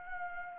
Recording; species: mosquito wingbeat signal from an infrared sensor; Anopheles arabiensis